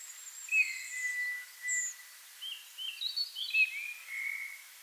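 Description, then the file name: Eurasian bullfinch calls: short, soft whistled notes and a drawn-out whistle, repeated several times amid higher chirps. "Pyrrhula pyrrhula"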